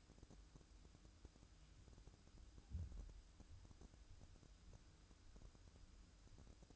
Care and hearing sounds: daily activity, microphone in the room; make coffee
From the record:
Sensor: 2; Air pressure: 1007.2 hPa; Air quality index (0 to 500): 41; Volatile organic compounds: 1 ppm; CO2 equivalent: 542 ppm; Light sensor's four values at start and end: 6/14/6/6 and 6/14/6/6

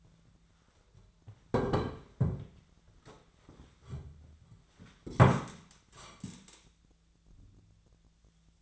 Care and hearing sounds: daily activity, microphone in the room; sit down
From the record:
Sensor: 3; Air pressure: 1008.1 hPa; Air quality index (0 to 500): 192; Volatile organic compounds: 14 ppm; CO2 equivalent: 2461 ppm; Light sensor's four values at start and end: 12/30/12/12 and 12/27/12/12

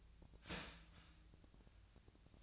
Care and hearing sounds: daily activity, microphone in the room; start toaster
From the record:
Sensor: 2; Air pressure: 1009.2 hPa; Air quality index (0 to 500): 187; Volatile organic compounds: 11 ppm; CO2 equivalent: 2317 ppm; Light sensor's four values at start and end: 15/39/16/17 and 15/38/15/16

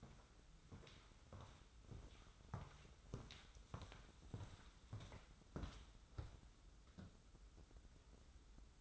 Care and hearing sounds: daily activity, microphone in the room; walk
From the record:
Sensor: 3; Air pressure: 994.3 hPa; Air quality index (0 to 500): 200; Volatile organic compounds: 1000 ppm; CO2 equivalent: 6635 ppm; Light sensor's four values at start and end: 116/273/112/104 and 110/258/105/98

